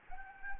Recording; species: mosquito wingbeat signal from an infrared sensor; Anopheles gambiae